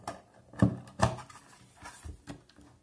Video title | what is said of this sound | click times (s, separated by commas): Tamir : Şarjlı Spot Lamba Akü Değişimi | Yerine tam oturdu. | 1.0 s